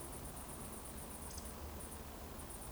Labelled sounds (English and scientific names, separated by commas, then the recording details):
Eurasian Woodcock (Scolopax rusticola) whistle
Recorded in Baden-Württemberg, Germany, on 24 June 2020 at 20:17 UTC
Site 14569, 102 m above sea level